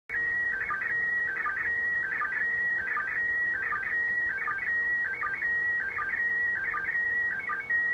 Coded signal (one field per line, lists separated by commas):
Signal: SSTV (slow-scan television)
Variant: PD 180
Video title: ISS PASS 2015-07-19 1300UTC SSTV TRANSMISSION